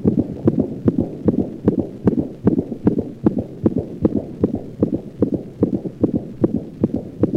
The murmur of aortic insufficiency.